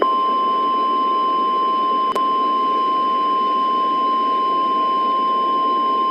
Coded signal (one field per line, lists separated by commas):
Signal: Emergency Alert System (SAME) tones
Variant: 1050 Hz attention tone